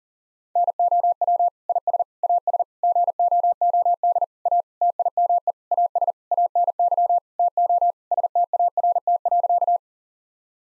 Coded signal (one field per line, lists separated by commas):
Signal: Morse code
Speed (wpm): 40 wpm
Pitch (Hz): 700 Hz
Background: none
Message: NOW IS AS GOOD A TIME AS ANY TO START.